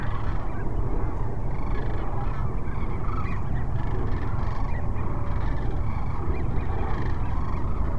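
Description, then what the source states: Sandhill crane: a dense chorus of sandhill cranes, endless overlapping rolling calls above a persistent low rumble. Several sandhill cranes at Cochise Lakes on 30 January 2019.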